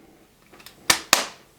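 A UK three-pin mains plug is pushed into a wall socket. After a few faint taps around 0.5–0.7 s, there are two sharp, loud snaps at 0.9 s and 1.1 s, and the plug seats fully at 1.1 s.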